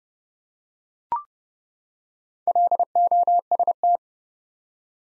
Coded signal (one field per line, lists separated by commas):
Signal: Morse code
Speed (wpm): 30 wpm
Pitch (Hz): 700 Hz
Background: none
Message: LOST